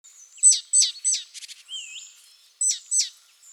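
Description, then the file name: Great tit calls: sharp high chirps in quick clusters, a short buzzy rattle, and one rising whistled note, then two more chirps near the end. "Parus major"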